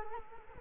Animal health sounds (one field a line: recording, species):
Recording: mosquito wingbeat signal from an infrared sensor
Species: Culex quinquefasciatus